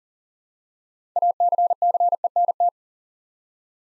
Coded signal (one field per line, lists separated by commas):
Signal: Morse code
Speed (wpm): 42 wpm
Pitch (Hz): 700 Hz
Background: none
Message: ACCENT